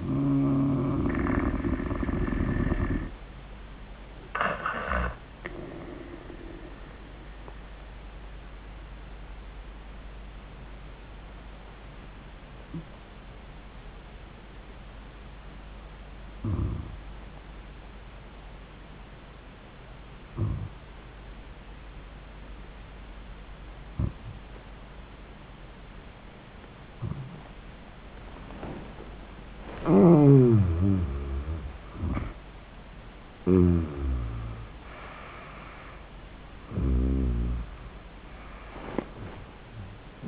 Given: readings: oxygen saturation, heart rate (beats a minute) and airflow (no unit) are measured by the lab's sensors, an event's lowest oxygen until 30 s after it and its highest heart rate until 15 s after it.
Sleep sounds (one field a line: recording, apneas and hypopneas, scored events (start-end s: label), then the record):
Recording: breathing in sleep by a voice recorder at the bedside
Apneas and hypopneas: 1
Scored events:
9.00-29.70 s: obstructive apnea (N1, oxygen 97% highest, then 78% lowest, heart rate 84 at the start, 97 highest)
From the record:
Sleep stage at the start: N1 (lightest sleep)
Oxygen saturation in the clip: 79 to 97%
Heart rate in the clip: 79 to 97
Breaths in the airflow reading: 4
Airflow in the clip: -34.6 to 26.6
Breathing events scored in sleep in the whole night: 400 in 8.7 hours asleep